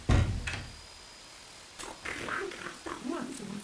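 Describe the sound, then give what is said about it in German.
A door shuts with a single heavy, low thud right at the start, followed by a quiet pause and then people talking softly. “Mach erst die Tür zu.”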